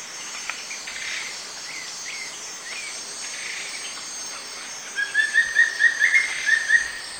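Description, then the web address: Wing-barred piprites calls: a quick series of about eight short, evenly spaced notes at one pitch, over a steady high insect drone. South America, eastern lowlands. "Natures Songs S America Eastern Lowlands Wing-barred Piprites"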